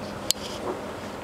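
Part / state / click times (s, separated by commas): tool holder onto the machine frame / seated / 0.3 s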